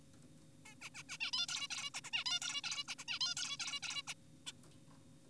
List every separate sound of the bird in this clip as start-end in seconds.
0.66-0.75, 0.82-0.90, 0.95-1.03, 1.09-1.18, 1.21-1.31, 1.33-1.46, 1.49-1.68, 1.70-1.90, 1.94-2.01, 2.04-2.10, 2.13-2.24, 2.26-2.39, 2.42-2.61, 2.64-2.84, 2.88-2.95, 2.99-3.04, 3.08-3.19, 3.21-3.34, 3.37-3.57, 3.60-3.80, 3.83-4.02, 4.08-4.14, 4.47-4.52